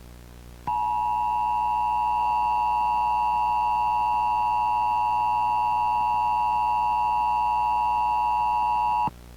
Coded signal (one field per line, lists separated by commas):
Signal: Emergency Alert System (SAME) tones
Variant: 853 and 960 Hz attention tone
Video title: EAS Mock; so i cant bring my 11 dogs 12 cats 25 fishes?